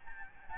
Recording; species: mosquito wingbeat signal from an infrared sensor; Aedes albopictus